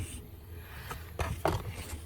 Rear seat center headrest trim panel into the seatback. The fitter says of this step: And it goes in there and it just snaps in place.